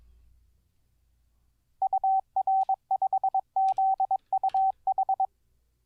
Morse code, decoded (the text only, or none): UR5ZUH